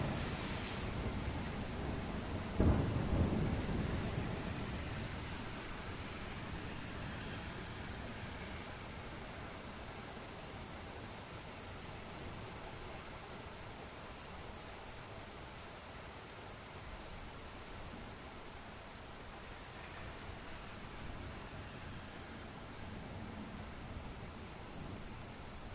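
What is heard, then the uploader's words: Steady rain hisses evenly throughout, a dense, unbroken wash from low to bright. Near the three-second mark a sudden deep thunder crack bursts out and rumbles briefly before fading back under the rain, which continues unchanged to the end. Filled with relaxing thunder and rain sounds.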